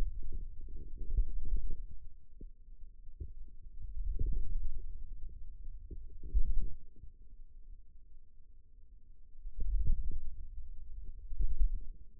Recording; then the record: forearm muscle sounds (acoustic myography)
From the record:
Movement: wrist extension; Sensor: system 2, bracelet of six BSWA MPA416 microphones around the upper forearm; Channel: 2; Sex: male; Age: 22 years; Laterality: right